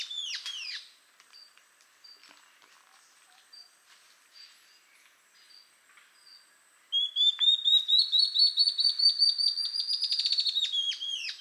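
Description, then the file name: Ocellated antbird song: falling slurred notes end one song, then after a quiet gap with faint high chips a new series of whistled notes begins, rising in pitch. Subspecies mcleannani. "Ocellated Antbird Phaenostictus mcleannani mcleannani"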